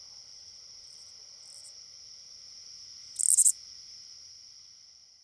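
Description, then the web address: Oblong-winged katydid giving a brief, very high, raspy burst of four or five rapid pulses lasting under half a second, with a steady high insect hum throughout. "The Songs of Insects. Oblong-winged Katydid"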